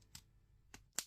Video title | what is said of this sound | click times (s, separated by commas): Spinosaurus, Stegosaurus, T. Rex: Amazing Dinosaurs of the Jurassic Era | We just fit it into the holes until we hear the click. | 1.0 s